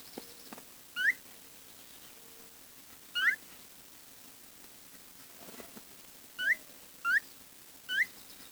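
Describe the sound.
Bird calls: short, clear, upward-slurred whistled notes, five in all, spaced irregularly over a quiet background with faint soft clicks.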